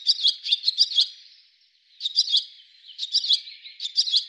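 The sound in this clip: Bird calls: quick high chirp notes in small groups, the groups trailing off into a drawn-out fading tone.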